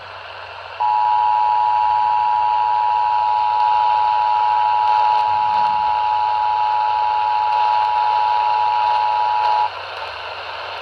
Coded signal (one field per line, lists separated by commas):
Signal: Emergency Alert System (SAME) tones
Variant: 853 and 960 Hz attention tone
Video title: Pure Mayhem 8: A Little bit Of Everything. | EAS Alerts from 3/30-4/6/25 | EAS#1,799-1,937